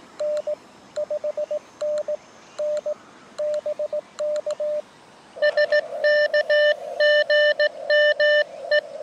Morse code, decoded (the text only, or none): N 5NN BK SK GM E